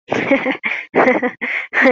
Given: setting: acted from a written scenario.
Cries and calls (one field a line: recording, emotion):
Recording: vocal sound without words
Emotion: amusement